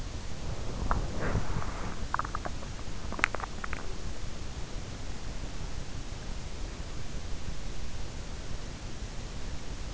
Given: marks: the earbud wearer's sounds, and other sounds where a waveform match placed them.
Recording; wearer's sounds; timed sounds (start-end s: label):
sounds in sleep by an in-ear microphone; body movement, teeth grinding
0.00-2.59 s: body movement
2.89-3.86 s: teeth grinding